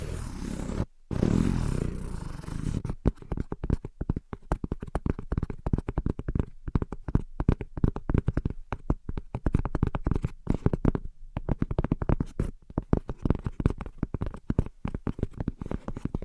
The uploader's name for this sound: Invisible Tapping and Scratching